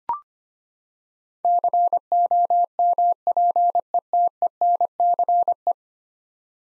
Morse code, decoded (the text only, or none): COMPETENCE